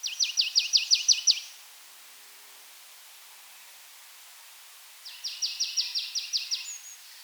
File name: Poecile palustris